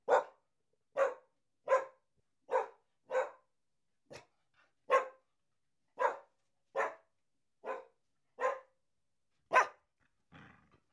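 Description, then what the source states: Dog barking, a run of about twelve sharp single barks spaced roughly a second apart, with a quieter huffing sound at the end. A middle-size dog barking.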